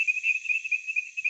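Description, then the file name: Temple tree frog call, a brisk series of short high chirps. "Chirixalus idiootocus"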